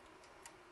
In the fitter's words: and they only line up one way and you'll see where they little kind of snap in place there